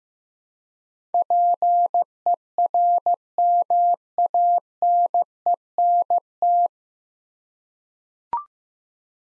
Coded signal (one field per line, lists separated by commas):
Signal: Morse code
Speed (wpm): 15 wpm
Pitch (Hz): 700 Hz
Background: none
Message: PERMANENT